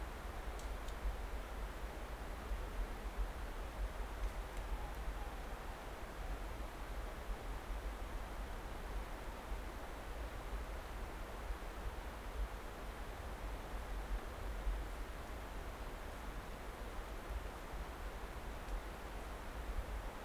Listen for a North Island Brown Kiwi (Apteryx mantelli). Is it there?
no